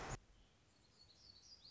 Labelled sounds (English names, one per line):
Black-throated Gray Warbler